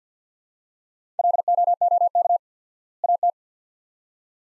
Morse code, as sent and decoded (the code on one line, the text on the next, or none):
.-.. --- --- -.- / .- -
LOOK AT